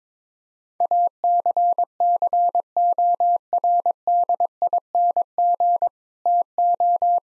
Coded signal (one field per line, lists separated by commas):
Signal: Morse code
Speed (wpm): 21 wpm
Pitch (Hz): 700 Hz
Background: none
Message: ACCORDING TO